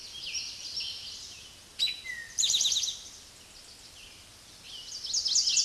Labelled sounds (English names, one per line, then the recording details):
Eastern Towhee song
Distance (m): 5 m
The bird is about level with the microphone
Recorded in a Pennsylvania forest on 16 May 2024 at 06:13
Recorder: AudioMoth, point MSD-2166
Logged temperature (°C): 16.3 °C
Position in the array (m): 110 m, 6 m